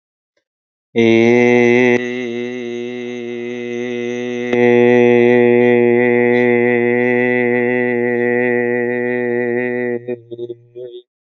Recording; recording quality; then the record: sustained vowel as in made; excellent, no background noise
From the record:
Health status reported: exposed to COVID-19, no respiratory illness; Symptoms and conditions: muscle pain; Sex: male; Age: 40 years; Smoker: not ticked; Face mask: not worn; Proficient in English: yes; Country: India